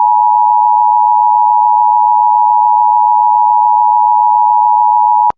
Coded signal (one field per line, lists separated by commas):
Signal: Emergency Alert System (SAME) tones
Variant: 853 and 960 Hz attention tone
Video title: Confirmed Tornado warning EAS